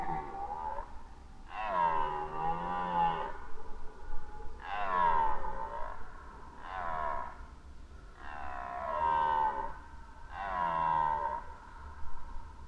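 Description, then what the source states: Red deer giving five or six rough, wavering bellows of one to two seconds each. Red deer roaring during the rut, recorded in 2011.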